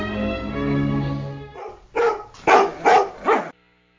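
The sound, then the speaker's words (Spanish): Dogs bark: a long, steady, tonal whine or howl gives way to four loud, sharp barks in a quick, uneven series, then sudden silence. “Los perros de Pavlov.”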